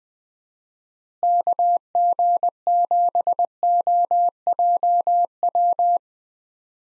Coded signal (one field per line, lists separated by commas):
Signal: Morse code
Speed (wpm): 21 wpm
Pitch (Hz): 700 Hz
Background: none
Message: KG7OJW